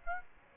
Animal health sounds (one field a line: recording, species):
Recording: mosquito wingbeat signal from an infrared sensor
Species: Aedes aegypti